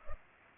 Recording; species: mosquito wingbeat signal from an infrared sensor; Culex pipiens